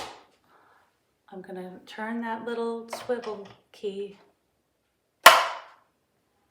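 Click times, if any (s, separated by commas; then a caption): 5.3 s. Someone talks while turning a small swivel key that locks the cord spool in the headrail of a VAKO 20.12 motorized shade system, and a single sharp click sounds at 5.3 s. The spool is almost locked in place but not fully locked yet.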